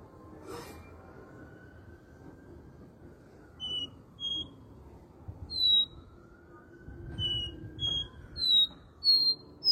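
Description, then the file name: Copper seedeater song: clear, high whistled notes, some slightly falling, arriving in a loose series over the last six seconds, above a faint steady whine and low rumble. "canto do caboclinho"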